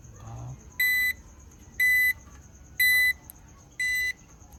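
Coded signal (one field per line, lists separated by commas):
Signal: none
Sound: UPS warning beeps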